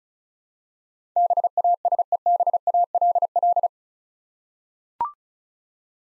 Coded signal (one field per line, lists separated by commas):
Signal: Morse code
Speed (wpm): 36 wpm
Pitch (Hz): 700 Hz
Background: none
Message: BASEBALL